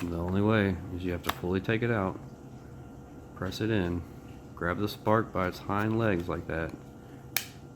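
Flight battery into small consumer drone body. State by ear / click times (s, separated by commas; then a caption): seated / 7.4 s. Someone talks while holding a small DJI consumer drone by its rear legs and pushing the flight battery into its bay. A single sharp click at 7.4 s marks the battery latching and fully seating, which is the only way to know it is fully seated.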